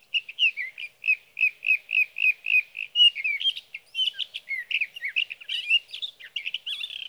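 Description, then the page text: Sage thrasher song: a series of evenly spaced repeated notes that breaks into a long, fast, varied warbling jumble. Singing male at his night roost through three nights, evening June 12 to morning June 15, 2018, Sierra Valley, California; night songs recorded with a Swift recorder. "61. Sage thrasher songs, through the night. from the evening of June 12 to the morning of June 15, 2018, in Sierra Valley, California"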